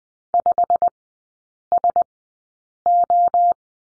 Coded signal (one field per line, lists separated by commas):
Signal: Morse code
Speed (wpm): 20 wpm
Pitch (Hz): 700 Hz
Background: none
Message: 5SO